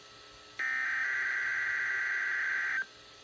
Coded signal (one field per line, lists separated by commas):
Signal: Emergency Alert System (SAME) tones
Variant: header bursts